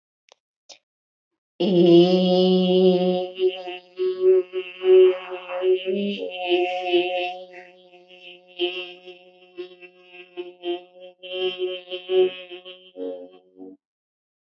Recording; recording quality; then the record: sustained vowel as in made; excellent, no background noise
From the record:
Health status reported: healthy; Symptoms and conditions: none ticked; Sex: female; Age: 31 years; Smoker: not ticked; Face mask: not worn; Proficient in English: yes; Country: India